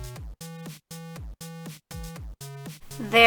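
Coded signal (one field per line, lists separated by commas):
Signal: none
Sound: game show buzzer beeps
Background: speech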